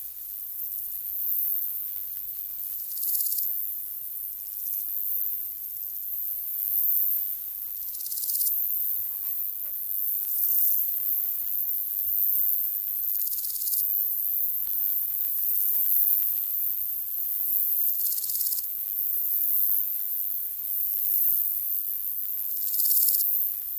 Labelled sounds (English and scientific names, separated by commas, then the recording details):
Large Gold Grasshopper (Chrysochraon dispar) stridulation
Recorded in the wild
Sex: male
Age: imago
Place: Mühlenbecker Wald, Brandenburg, DE
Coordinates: 52.6942, 13.3886
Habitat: wet meadow, glade, beech stand
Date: 1983-08-21 10:15
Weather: sunny, 26°C
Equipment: Nagra SN (Automatic), Sennheiser MKH 416 T, Kopie Uher 4000 Report Monitor
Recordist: Tembrock, Günter
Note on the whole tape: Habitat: feuchte Wiese, am Weg mit Eichenbestand, xerotherme Biotop. Spontangesang